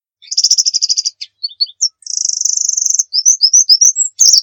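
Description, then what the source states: White-eye song: a fast high trill, a few short notes, a second fast buzzy trill, then a run of short slurred notes, all very high-pitched. Muria-type white-eye, used as a masteran (training song) for white-eyes.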